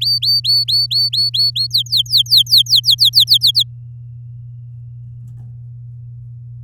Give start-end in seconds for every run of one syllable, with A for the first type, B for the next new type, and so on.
0.01-1.67 A, 1.71-3.63 B